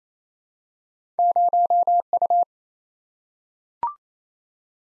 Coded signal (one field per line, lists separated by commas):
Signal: Morse code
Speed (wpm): 28 wpm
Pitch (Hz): 700 Hz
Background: none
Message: 0U